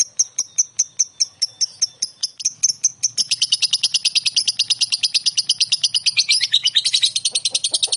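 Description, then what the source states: Lovebird calling: a run of sharp high chirps, spaced at first, then after about three seconds a louder, denser chatter. Konslet song style.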